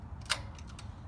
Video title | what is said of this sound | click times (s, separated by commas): Bethesda Wheelchair Lift Instructions | make sure you hear the click make sure it's on there tight and you double check it from there | 0.3 s